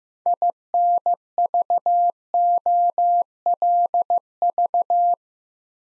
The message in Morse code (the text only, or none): INVOLV